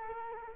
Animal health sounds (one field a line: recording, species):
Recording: mosquito wingbeat signal from an infrared sensor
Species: Culex quinquefasciatus